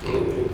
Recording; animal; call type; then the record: contact call of a hoofed animal; pig; closed-mouth grunt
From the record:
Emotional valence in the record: positive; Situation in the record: food and toys in familiar pen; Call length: 0.55 s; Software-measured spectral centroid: 1670 Hz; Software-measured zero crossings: 1190 a second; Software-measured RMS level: -24 dBFS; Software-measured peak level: -12 dBFS